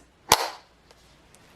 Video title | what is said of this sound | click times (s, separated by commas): Current Amazon Favorites! - Things the Internet Made Me Buy... - August Favs 2022 | and then it clicks | 0.3 s